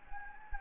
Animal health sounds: mosquito wingbeat signal from an infrared sensor; Anopheles gambiae

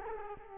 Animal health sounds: mosquito wingbeat signal from an infrared sensor; Culex quinquefasciatus

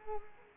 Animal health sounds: mosquito wingbeat signal from an infrared sensor; Culex quinquefasciatus

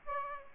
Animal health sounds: mosquito wingbeat signal from an infrared sensor; Aedes aegypti

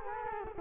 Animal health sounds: mosquito wingbeat signal from an infrared sensor; Culex quinquefasciatus

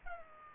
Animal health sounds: mosquito wingbeat signal from an infrared sensor; Aedes aegypti

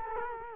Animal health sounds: mosquito wingbeat signal from an infrared sensor; Culex quinquefasciatus

